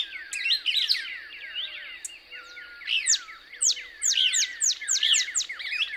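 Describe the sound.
Couch's Kingbird twittering, with a jumble of high slurred notes and sharp chips in short bursts, a faint low whistle now and then.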